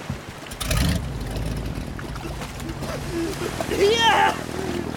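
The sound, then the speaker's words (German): A motorboat engine catches with a loud burst, then settles into a steady low rumbling drone while a voice shouts over it. “Steve, wirf den Motor an, sofort!”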